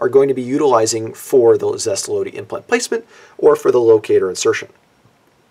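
A metal ratchet insert for Zest LODI implant placement is being handled at the head of a surgical torque wrench while someone talks throughout. No snap is heard; the clip ends before the insert goes all the way down, so nothing has seated or clicked yet.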